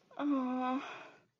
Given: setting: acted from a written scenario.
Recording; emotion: vocal sound without words; romantic love